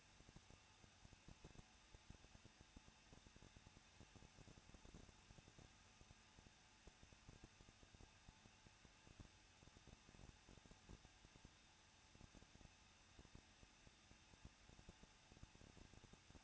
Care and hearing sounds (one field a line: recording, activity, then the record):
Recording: daily activity, microphone in the room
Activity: no activity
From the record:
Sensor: 2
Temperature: 21.0 degrees Celsius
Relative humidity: 37.5%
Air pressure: 1006.2 hPa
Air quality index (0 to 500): 223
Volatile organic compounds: 25 ppm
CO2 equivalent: 2827 ppm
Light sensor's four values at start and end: 2/3/2/2 and 2/3/2/2